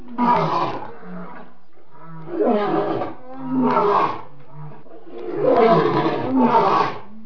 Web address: jungle Lion roar